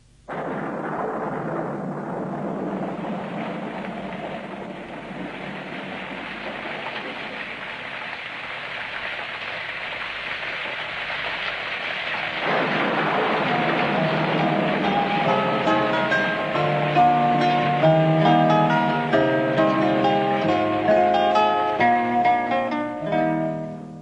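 A dense, unbroken hiss of heavy rain beats steadily on church windows, with low rumbling beneath; about halfway through, sustained musical tones rise and play over the downpour.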